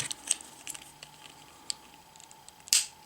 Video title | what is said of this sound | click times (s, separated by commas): Armored Robo Knight Figure Review! | there you go you're gonna hear that click and voila we have | 2.7 s